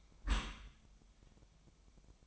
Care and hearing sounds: daily activity, microphone in the room; close dishwasher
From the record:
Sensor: 1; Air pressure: 1004.7 hPa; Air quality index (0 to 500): 118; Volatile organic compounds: 4 ppm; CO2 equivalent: 1637 ppm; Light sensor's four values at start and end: 9/21/8/9 and 9/21/8/9

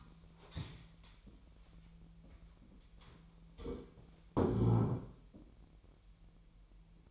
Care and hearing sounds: daily activity, microphone in the room; stand up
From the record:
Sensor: 1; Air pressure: 1001.7 hPa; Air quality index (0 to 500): 246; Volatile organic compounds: 115 ppm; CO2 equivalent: 3845 ppm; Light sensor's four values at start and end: 13/32/13/15 and 12/29/12/13

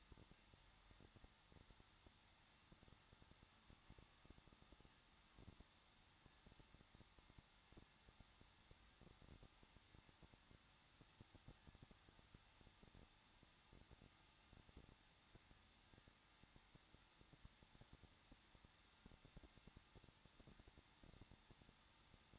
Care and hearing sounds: daily activity, microphone in the room; no activity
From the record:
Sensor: 3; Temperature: 21.2 degrees Celsius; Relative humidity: 36.4%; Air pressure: 1006.3 hPa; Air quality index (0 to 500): 222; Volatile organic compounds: 42 ppm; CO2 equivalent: 3175 ppm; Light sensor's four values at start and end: 2/3/2/2 and 2/3/2/2

